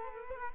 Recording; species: mosquito wingbeat signal from an infrared sensor; Culex quinquefasciatus